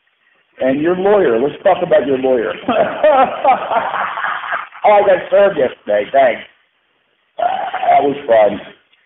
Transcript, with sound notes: And your lawyer. Let’s talk about your lawyer."
[LAUGH.]
I got [unintelligible] yesterday. Thanks. That was fun.